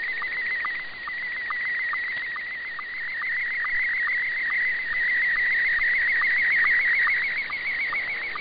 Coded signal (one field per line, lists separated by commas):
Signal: SSTV (slow-scan television)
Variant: Scottie 1